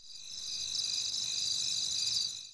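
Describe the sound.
Cricket trilling: a steady, unbroken high-pitched shimmering buzz that holds level throughout, with a faint low hiss beneath.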